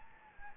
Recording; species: mosquito wingbeat signal from an infrared sensor; Anopheles gambiae